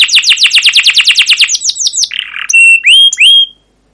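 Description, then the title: Canary song: a rapid trill of many descending notes, then a short buzzy burst and three clear whistles, the last two rising. Canary song used as a lure (pancingan) to train other canaries; long continuous singing (gacor panjang) with rolling trills (ngerol) and cuit cuit notes. "CUIT CUIT NGEROL LANGSUNG GACOR PANJANG Kenari Ini Utk Pancingan KENAR. Masteran Suara Burung Kenari Gacor Panjang cuit cuit Ngerol untuk Pancingan Kenari!"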